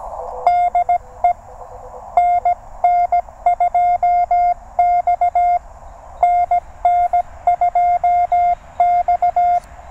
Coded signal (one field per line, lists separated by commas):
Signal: Morse code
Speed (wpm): 16 wpm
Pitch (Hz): 690 Hz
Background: radio noise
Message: DE NN2X NN2X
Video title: EVENING QRP POTA | TR-35 #cw #parksontheair #hamradio